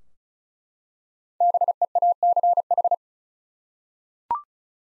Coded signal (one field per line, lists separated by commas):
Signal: Morse code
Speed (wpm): 34 wpm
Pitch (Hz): 700 Hz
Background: none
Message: BEACH